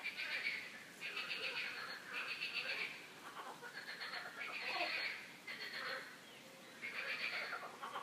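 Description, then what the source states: Frogs croaking together, rattling buzzy bursts repeated throughout. Frogs croaking in a park; the calls are described as a quack-like 'coin-coin'.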